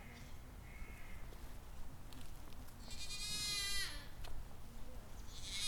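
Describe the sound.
Goat lets out one loud, strained bleat of about a second, preceded by faint chirps and followed by rising background noise.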